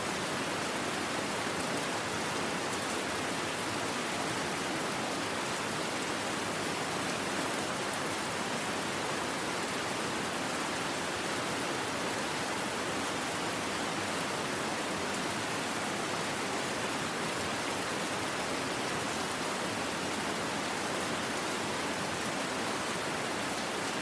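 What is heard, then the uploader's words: Rain pours down in a dense, unbroken hiss that stays perfectly steady for the whole stretch. The sound is bright and full, with fine crackling texture on top and little low rumble underneath, like heavy rain mixed with rushing water. Rain Sounds For Sleeping & River White Noise By Scottish Castle.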